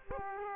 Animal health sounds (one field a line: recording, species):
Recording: mosquito wingbeat signal from an infrared sensor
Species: Aedes aegypti